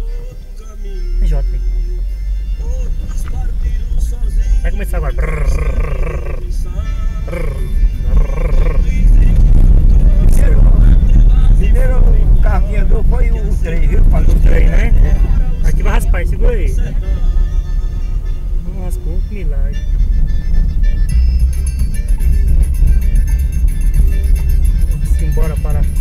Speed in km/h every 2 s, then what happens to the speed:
6, 11, 19, 25, 32, 40, 38, 33, 29, 28, 28, 27, 28.
0-10 speeds up to 40. 10-16 slows to 29. 16-26 steady at about 28.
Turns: 0-3, 13-20.